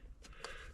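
A spark plug wire boot is pushed onto a distributor cap terminal while a distributor is being installed in an RT. A faint broadband rustle near 0.25 s is followed by a short, sharp click at 0.4 s over a low background rumble. The boot is seated on the terminal.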